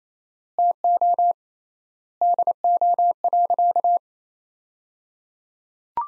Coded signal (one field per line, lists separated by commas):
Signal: Morse code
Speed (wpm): 28 wpm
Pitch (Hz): 700 Hz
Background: none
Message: TO DO.